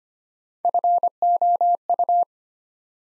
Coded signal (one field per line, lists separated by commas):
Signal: Morse code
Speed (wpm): 25 wpm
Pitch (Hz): 700 Hz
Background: none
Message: FOU